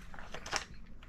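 A Milwaukee Packout modular plastic storage unit is handled as it is set onto the top of a stack, with rustling, crackly plastic contact sounds and sharp bumps at about 0.4, 0.5 and 0.6 seconds, the last being loudest. Nothing has seated or locked yet by the end of the clip.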